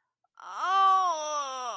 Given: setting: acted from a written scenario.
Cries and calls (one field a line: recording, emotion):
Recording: vocal sound without words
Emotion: pain